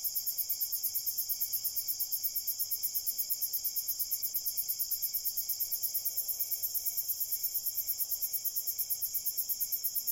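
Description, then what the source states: Crickets chirping in a rapid, steady high-pitched pulse throughout, a dense continuous trill with a fainter band of regular chirps beneath it. Crickets at night in a cornfield.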